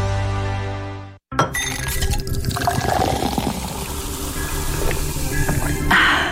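A low steady hum cuts off into a brief silence, then fizzy Bretaña soda pours into a glass with a rushing, crackling stream of bubbles and a few light clinks, swelling slightly at the end.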